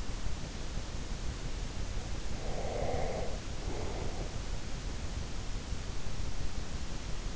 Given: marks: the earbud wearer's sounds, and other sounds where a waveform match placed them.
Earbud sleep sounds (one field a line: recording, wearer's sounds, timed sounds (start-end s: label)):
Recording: sounds in sleep by an in-ear microphone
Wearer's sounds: breath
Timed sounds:
2.42-4.31 s: breath